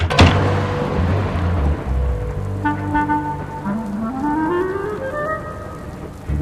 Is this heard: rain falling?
yes